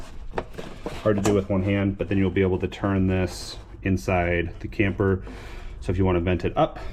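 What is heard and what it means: A rotating diesel heater vent outlet is pushed into its mount on the camper wall and clicks into place with a sharp hit at 0.4 s, leaving it seated so it can be turned. Someone talks through the rest of the clip.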